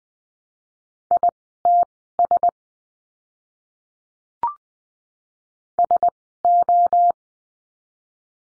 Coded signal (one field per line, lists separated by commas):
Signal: Morse code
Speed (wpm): 20 wpm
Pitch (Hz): 700 Hz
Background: none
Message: ITS SO